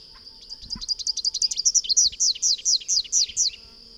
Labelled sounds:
Rufous-capped Warbler (Basileuterus rufifrons) song
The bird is a male
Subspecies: rufifrons
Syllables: 29
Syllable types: 8
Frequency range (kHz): 2.4-6.5 kHz
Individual FV-R19-M

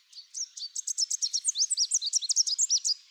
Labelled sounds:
Chestnut-capped Warbler (Basileuterus delattrii) song
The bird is a male
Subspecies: delattrii
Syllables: 23
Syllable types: 19
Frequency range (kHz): 3.3-8.9 kHz
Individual CR-RWS-M

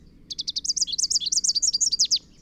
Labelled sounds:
Rufous-capped Warbler (Basileuterus rufifrons) song
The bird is a male
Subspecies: rufifrons
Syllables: 19
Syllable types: 6
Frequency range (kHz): 2.8-8.9 kHz
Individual MO-NRS-M

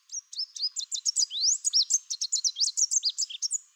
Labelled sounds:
Chestnut-capped Warbler (Basileuterus delattrii) song
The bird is a male
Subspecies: delattrii
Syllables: 23
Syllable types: 19
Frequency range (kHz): 2.7-8.8 kHz
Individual CR-ROBS-M

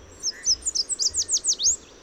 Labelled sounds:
Chestnut-capped Warbler (Basileuterus delattrii) song
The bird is a male
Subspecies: delattrii
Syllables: 10
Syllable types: 8
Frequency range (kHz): 3.2-8.7 kHz
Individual MA-RRS-M

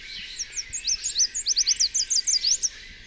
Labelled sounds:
Chestnut-capped Warbler (Basileuterus delattrii) song
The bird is a male
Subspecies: delattrii
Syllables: 16
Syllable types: 8
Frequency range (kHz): 3.7-8.8 kHz
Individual FV-BWS-M

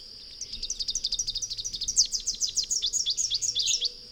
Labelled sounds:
Rufous-capped Warbler (Basileuterus rufifrons) song
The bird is a male
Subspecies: rufifrons
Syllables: 36
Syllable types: 6
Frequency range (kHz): 2.7-7.7 kHz
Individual FV-R19-M

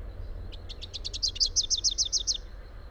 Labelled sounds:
Rufous-capped Warbler (Basileuterus rufifrons) song
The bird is a male
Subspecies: rufifrons
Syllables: 21
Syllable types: 5
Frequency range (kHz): 2.5-6.4 kHz
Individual YA-R15-M

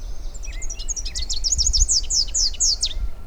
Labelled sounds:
Rufous-capped Warbler (Basileuterus rufifrons) song
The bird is a male
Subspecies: rufifrons
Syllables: 22
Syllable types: 8
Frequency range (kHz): 2.1-8.7 kHz
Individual UJ-BYS-M

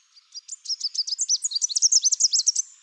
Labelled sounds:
Chestnut-capped Warbler (Basileuterus delattrii) song
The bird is a male
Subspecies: delattrii
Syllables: 22
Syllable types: 20
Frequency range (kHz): 3.5-8.2 kHz
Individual CR-RWS-M

